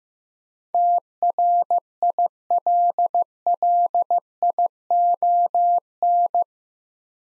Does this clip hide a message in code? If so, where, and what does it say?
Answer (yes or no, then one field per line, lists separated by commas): yes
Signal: Morse code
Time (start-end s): 0.7-6.4 s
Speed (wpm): 15 wpm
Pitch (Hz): 700 Hz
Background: none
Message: TRILLION